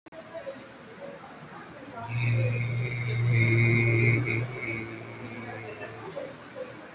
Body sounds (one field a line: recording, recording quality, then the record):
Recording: sustained vowel as in made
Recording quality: excellent, no background noise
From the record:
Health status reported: COVID-19 positive, mild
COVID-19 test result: positive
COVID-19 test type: RT-PCR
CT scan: taken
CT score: 5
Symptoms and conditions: cough, cold, sore throat, diabetes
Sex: male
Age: 43 years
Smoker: no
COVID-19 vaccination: one dose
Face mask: not worn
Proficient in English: yes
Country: India